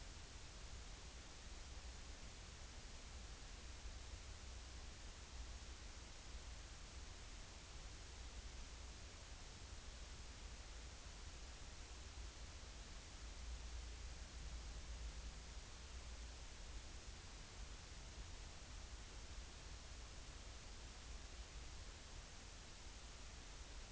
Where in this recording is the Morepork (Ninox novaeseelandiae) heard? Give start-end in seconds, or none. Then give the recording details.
none. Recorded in New Zealand on 30 April 2013. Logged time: 02:19. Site Ponui